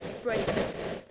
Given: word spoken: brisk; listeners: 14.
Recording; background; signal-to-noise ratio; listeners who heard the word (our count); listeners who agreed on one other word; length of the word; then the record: one English word in noise, from a listening test; noise modulated by three-talker babble; -5.3 dB; 1 of 14; 10 of 14; 0.71 s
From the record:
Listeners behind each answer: 10, 1, 1, 1, 1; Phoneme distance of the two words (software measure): 17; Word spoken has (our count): 1 syllable, 5 phonemes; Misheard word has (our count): 1 syllable, 4 phonemes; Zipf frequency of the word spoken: 3.35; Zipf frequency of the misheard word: 3.66